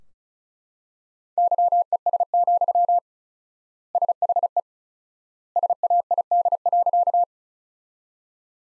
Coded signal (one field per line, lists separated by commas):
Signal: Morse code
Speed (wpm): 36 wpm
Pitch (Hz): 700 Hz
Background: none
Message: YES, SHE SAID.